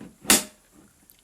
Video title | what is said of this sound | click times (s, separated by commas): Nidecker Supermatic 2025 Step-In Snowboard Bindings Unboxing (& how I was shafted) | and that's you locked in then and it'll go down three stages | 0.3 s